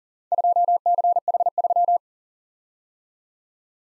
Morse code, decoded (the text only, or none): 2CH3